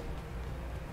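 The vehicle-side connector of a 2012 Cadillac SRX's factory tow package, greased with dielectric grease to keep out moisture and corrosion, is handled against the plug of a Hopkins Plug-In Simple wiring harness before being pushed in until it locks. Only a steady low-frequency rumble and broadband hiss are heard, with no sharp hits. Nothing has seated or clicked yet.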